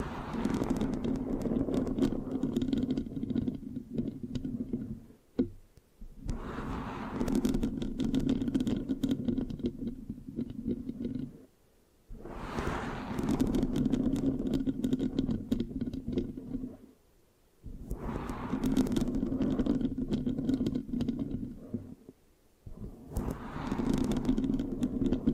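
Microphone scratching in long sticky passes, each lasting several seconds and separated by brief silences near 5, 12, 17 and 22 seconds. The sound is a dense, low rubbing rumble with a crackly edge, and a brighter swish rises at the start of each pass.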